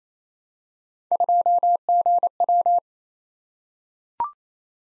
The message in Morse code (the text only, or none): 2GW